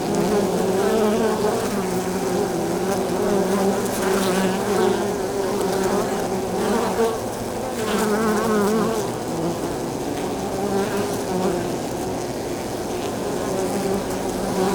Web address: GDC 2017-Game Audio Bundle Sound Holder - Beehive bees hive exterior landing zone very close stereo